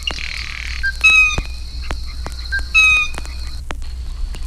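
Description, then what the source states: Blue Jay calls: two loud whistled notes about two seconds apart, with brief rattles, clicks and a soft hoarse note at the start. Blue Jay notes vary from raucous screams to soft conversational chatter.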